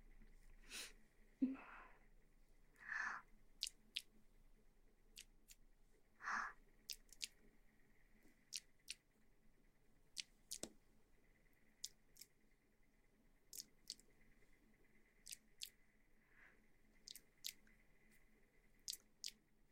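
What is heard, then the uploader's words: Water sloshes in a shaken bottle in a few short, wet bursts near the start, then fades into sparse, sharp crackles and soft taps, like fingertips rubbing an ear, spaced irregularly a second or two apart. A faint steady whine and low hum persist underneath. ASMR Shaking water bottle & Ear massage.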